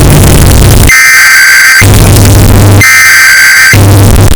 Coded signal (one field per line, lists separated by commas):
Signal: Emergency Alert System (SAME) tones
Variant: header bursts